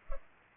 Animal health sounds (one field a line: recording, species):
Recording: mosquito wingbeat signal from an infrared sensor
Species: Culex pipiens